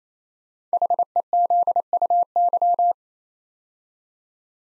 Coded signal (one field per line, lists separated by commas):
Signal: Morse code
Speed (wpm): 27 wpm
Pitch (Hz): 700 Hz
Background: none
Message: HEZUY